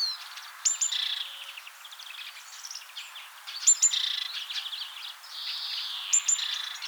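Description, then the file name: Great tit giving three bouts of high thin notes followed by rasping, buzzy churrs, with a steady wash of soft chirping from other birds in the background. "Parus major"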